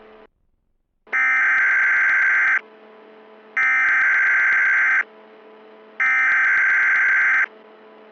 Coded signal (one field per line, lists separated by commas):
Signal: Emergency Alert System (SAME) tones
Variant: header bursts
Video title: Breaking into Pieces (+ RJ The Greatest 3, heyimgianPR) (EAS Scenario)